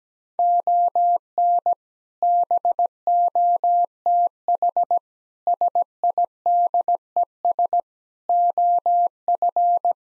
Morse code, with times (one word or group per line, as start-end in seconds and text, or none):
0.4-1.7 ON
2.2-5.0 BOTH
5.5-7.8 SIDES
8.3-9.9 OF